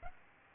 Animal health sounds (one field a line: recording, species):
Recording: mosquito wingbeat signal from an infrared sensor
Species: Aedes albopictus